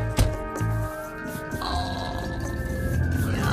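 An ambulance siren wails over a low rumble of traffic, its high tone holding and gently sweeping as the sound grows slightly louder toward the end.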